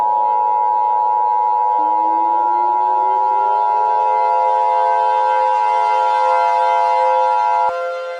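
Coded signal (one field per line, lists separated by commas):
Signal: Emergency Alert System (SAME) tones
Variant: 853 and 960 Hz attention tone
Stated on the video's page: EAS mock, a simulated alert, not a real transmission.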